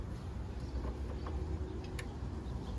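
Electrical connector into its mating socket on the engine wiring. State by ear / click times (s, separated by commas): seated / 2.0 s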